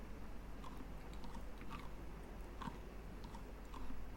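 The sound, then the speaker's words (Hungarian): Soft, repeated crunchy bites of someone chewing a potato that was peeled with an axe, a steady series of faint munching clicks and crunches with no talking. “Már is van egy meghámozott krumplink, amit szépen el lehet rágcsálni.”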